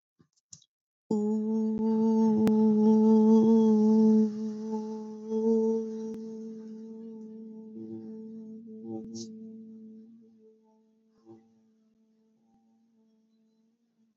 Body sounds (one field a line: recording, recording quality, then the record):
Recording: sustained vowel as in boot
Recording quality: excellent, no background noise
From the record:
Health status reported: exposed to COVID-19, no respiratory illness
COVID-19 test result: negative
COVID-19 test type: RT-PCR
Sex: female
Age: 23 years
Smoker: no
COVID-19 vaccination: both doses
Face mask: not worn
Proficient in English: yes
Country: India